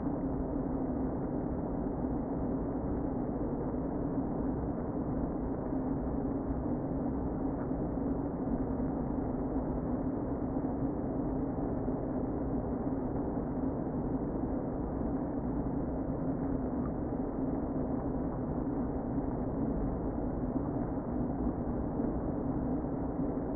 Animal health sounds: honeybee colony, microphone inside the hive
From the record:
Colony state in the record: queen present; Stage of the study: before two queens were removed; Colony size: about 60,000 bees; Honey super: yes

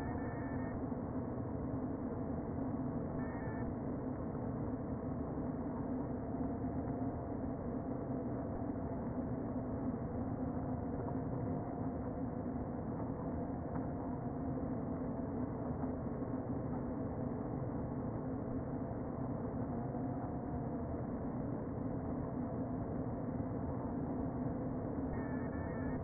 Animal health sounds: honeybee colony, microphone inside the hive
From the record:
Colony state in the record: queen present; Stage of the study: before two queens were removed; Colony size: about 60,000 bees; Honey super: yes

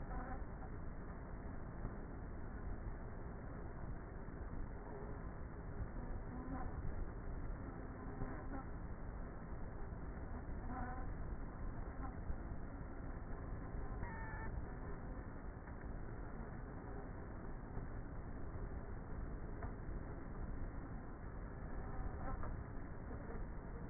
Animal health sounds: honeybee colony, microphone inside the hive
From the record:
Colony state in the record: queenless with a low population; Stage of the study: before two queens were removed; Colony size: about 30,000 bees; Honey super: no

